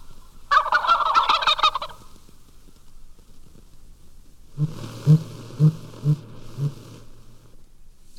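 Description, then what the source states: Wild turkey gobble, one long rattling burst. One of a flock in the Aransas Wildlife Refuge, Texas; wild turkey gobbling is no longer heard north of Pennsylvania but still occurs in favored places from Georgia to Arizona.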